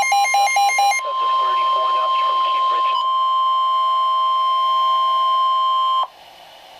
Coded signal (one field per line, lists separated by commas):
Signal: Emergency Alert System (SAME) tones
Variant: 1050 Hz attention tone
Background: speech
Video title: Special Marine/Severe Thunderstorm Warning [EAS 924-926 | 2x Header] | NOAA Wx Radio (6/28/2013)